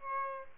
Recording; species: mosquito wingbeat signal from an infrared sensor; Aedes albopictus